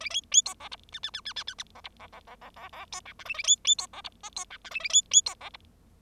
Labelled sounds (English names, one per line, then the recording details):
Bengalese Finch song
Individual Bird0